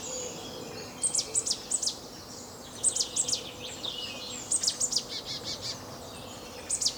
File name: Poecile palustris